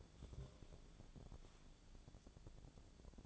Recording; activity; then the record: daily activity, microphone in the room; take from stove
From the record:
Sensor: 5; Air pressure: 1000.0 hPa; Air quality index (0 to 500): 95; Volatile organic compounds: 1 ppm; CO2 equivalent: 775 ppm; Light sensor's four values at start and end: 350/825/358/401 and 352/831/360/404